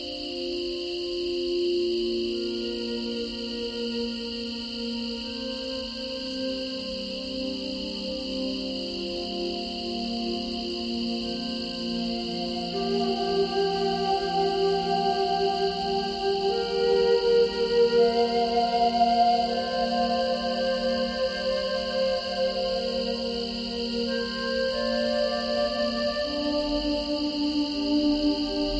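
Slow, breathy Native American flute lines drift over a soft sustained drone, with long held notes that overlap and shift gently in pitch. A steady high shimmer runs throughout like night insects, and the music swells slightly louder after the midpoint.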